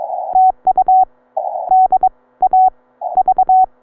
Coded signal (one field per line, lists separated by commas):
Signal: Morse code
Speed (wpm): 22 wpm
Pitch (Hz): 750 Hz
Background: none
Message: TU DAV